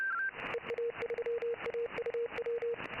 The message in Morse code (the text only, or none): EA3AUW